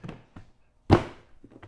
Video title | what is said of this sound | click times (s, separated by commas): Stacksmarter has adapter / mounting plates Mods for almost every system, PACKOUT, MODbox, Stacktech | clicks into place and now it is nice and secure now | 0.9 s